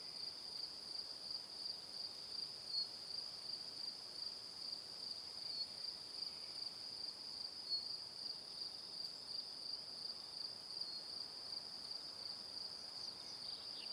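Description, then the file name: Crickets give a sustained shrill trill, rapid pulses running on without a pause, over gentle ambient hiss. Evening. "Calm - Evening Crickets"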